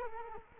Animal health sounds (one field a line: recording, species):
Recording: mosquito wingbeat signal from an infrared sensor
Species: Culex quinquefasciatus